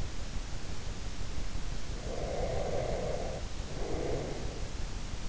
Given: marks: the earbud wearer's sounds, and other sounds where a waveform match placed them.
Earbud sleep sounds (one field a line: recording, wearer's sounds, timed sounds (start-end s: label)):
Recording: sounds in sleep by an in-ear microphone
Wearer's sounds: breath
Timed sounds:
1.91-4.65 s: breath